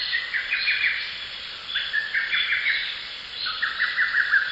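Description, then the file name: Lesser cuckoo calling, short bursts of rapid staccato notes repeated about every one and a half seconds over a steady high insect-like hiss. "ホトトギス"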